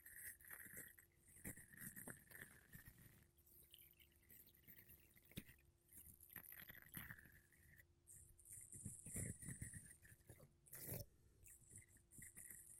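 Makeup brushes and a sponge sweep across a microphone in quick, uneven strokes, making soft scratchy rustles with occasional sharper swipes. The brushing keeps up throughout with brief pauses, and a loud rough burst comes near eleven seconds. A faint steady hum runs underneath.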